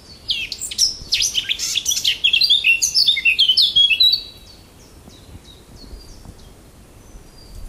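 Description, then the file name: Eurasian blackcap song, a rapid, tumbling warble of mixed scratchy and sweet notes lasting about four seconds, followed by faint thin notes in the background. "ЧЕРНОГОЛОВКА"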